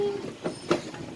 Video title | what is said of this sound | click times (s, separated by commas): Foo dog plastic mould from Lazada | Hindi siya tornilyo, actually parang locking mechanism lang siya na, ayun o, | 0.7 s